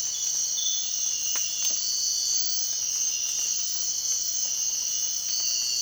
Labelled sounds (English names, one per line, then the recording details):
none
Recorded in dense forest near Puerto Asís, Putumayo, Colombia, on 24 March 2025 at 04:30
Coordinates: 0.499, -76.324
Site GP03